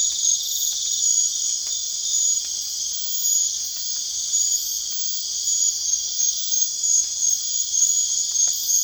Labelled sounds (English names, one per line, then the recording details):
none
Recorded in pastures near Puerto Asís, Putumayo, Colombia, on 27 June 2025 at 22:00
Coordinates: 0.502, -76.324
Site G010